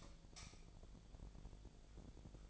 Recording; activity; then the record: daily activity, microphone in the room; light off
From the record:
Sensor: 5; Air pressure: 1009.9 hPa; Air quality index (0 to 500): 160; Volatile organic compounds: 4 ppm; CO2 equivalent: 1560 ppm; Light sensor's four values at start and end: 140/360/149/159 and 139/357/148/158